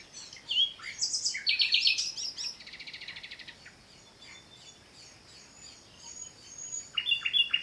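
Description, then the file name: Common nightingale song with rapid buzzy trills and chattering note series in quick succession, then a short burst of sharp notes. "Luscinia megarhynchos"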